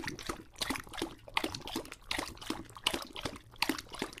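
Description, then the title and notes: English Bulldog lapping water, wet slurping bursts repeated a little faster than once per second, with short quiet gaps between laps. Lucho, a male English Bulldog, drinking from a water bowl after a long walk, breathing heavily between drinks and out of breath. "English Bulldog Drinks from Water Bowl - Weird Sounds. listen to Lucho the English Bulldog as he tries to drink water after a long walk. Don't let his heavy breathing fool you in between drinks, he's equally out of breath from the walk"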